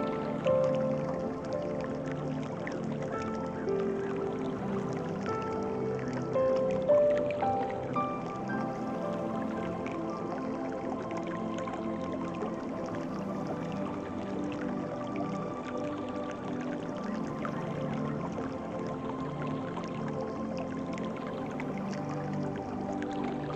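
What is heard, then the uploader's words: Calm music with soft sustained tones over steady, dense water sounds that hold an even level, with a few brighter notes early on. Peaceful Relaxing Music and Calming Nature Water Sounds.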